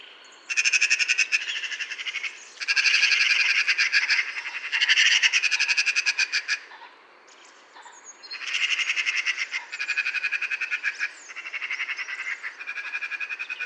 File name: Pica pica